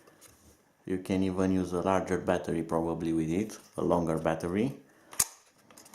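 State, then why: Seated. Someone talks over a plastic battery compartment cap on a DM009 altitude hold toy quadcopter with a 1080p camera. The cap slides into the quadcopter body and locks in place with a sharp click at 5.2 s. A few faint ticks follow.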